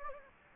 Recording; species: mosquito wingbeat signal from an infrared sensor; Anopheles gambiae